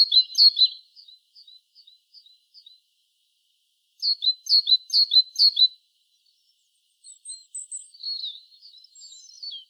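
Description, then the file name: Great tit calling: a burst of sharp, high chirps, a trail of soft ticks, a second loud burst of about five notes, then thin, wavering high notes. "Parus major"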